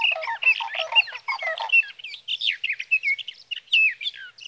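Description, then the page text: Sage thrasher song, a dense rambling warble of slurred whistles and buzzy notes, with lower husky notes mixed in at the start. Male singing through the night near his night roost, Sierra Valley, California, three nights from evening June 12 to morning June 15, 2018; Swift recorder. "61. Sage thrasher songs, through the night."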